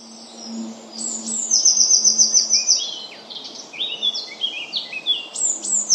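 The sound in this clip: Eurasian blue tit giving a high thin note and quick trill, followed by varied descending and rising whistled notes, with a low hum and background noise throughout.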